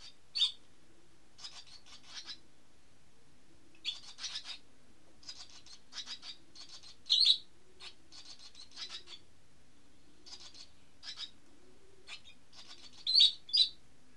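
Bird calls, bright high chirps scattered among many scratchy rasping bursts, irregularly spaced.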